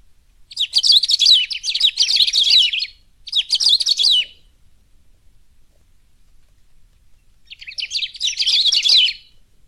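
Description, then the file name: Saffron-billed sparrow song of fast, jumbled high chirps and trills, two phrases close together, a long pause, then one more phrase. "canto do batuqueiro"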